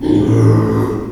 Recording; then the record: squeal of a Yucatan mini pig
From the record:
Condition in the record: before surgery on the right vocal fold (resection and tissue-engineered implant); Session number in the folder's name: 1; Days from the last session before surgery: -3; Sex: male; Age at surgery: 12 weeks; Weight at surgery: 13 kg